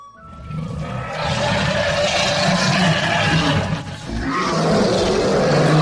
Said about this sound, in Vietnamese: nơi xa đột nhiên truyền ra thanh âm to lớn. Đây vốn là một hẻm núi lớn, bốn phía hỗn độn, nhưng nơi xa rộng lớn vô biên, truyền đến tiếng man thú gào thét.